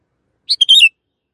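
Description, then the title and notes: Canary song phrase of two quick high chirps ending in a short buzzy trill, isolated in quiet. Long canary song used as master audio for training birds. "Kicauan Kenari Durasi Panjang 1. Masteran Burung Lengkap"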